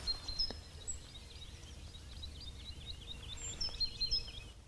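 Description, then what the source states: Woodlark song: faint, high fluty notes in quick repeated phrases over low background noise. Heard in the Amsterdamse Waterleidingduinen dunes, Netherlands, in early morning, singing while flying overhead; called the most beautiful sound of the dunes.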